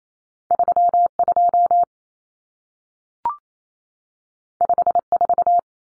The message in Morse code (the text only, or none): 32 54